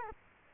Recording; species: mosquito wingbeat signal from an infrared sensor; Culex quinquefasciatus